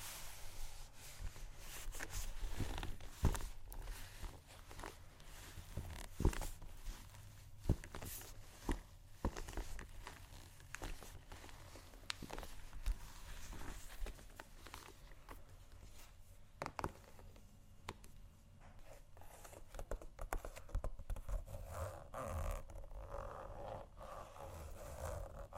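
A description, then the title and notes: Shoes scratch and tap against a surface in an irregular run of short, sharp hits and rough scrapes, sometimes clustered, sometimes spaced a second or more apart. Louder taps land near 3, 6, 17 and 21 seconds over a steady low rumble. ASMR Shoes Scratching & Tapping（No Talking）.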